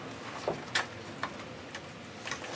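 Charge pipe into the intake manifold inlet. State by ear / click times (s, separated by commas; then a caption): not seated / none. An aluminium aftermarket VRSF charge pipe with a TIAL BOV is handled at the intake manifold inlet of an N54 turbo engine in a 335i. Scattered short taps and rattles are heard, with the sharpest at 0.8 s and 2.6 s. Nothing has seated or clicked yet.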